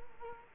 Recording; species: mosquito wingbeat signal from an infrared sensor; Culex quinquefasciatus